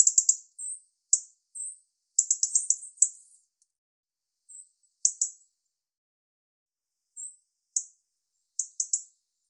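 European robin song: high-pitched twittering phrases and single thin notes coming in irregular bursts, with silent gaps between them.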